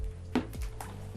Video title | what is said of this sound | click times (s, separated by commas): Solar FF Setup + Overview | clip them into place like that. | 0.3 s